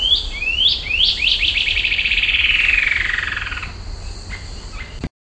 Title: LuckyPassaro Completos2Sama. Cinereous Antshrike (Thamnomanes caesius glaucus)